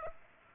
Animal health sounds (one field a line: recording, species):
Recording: mosquito wingbeat signal from an infrared sensor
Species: Aedes aegypti